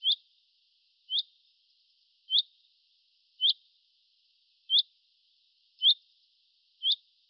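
Bird chirping: seven brief, bright, high chirps spaced about a second apart, each an abrupt upward flick, with near silence in between.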